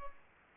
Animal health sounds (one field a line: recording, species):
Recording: mosquito wingbeat signal from an infrared sensor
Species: Culex pipiens